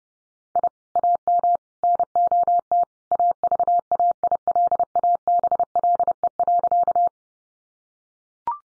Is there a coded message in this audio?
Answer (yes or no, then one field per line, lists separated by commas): yes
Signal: Morse code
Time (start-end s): 0.6-7.1 s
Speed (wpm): 30 wpm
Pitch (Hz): 700 Hz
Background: none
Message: I AM NOT AVAILABLE.